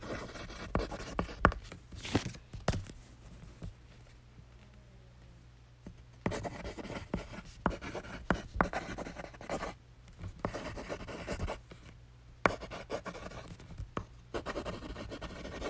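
Pencil scratching on paper in uneven bursts of short strokes and taps, with quiet pauses around four to six, nine, and twelve seconds.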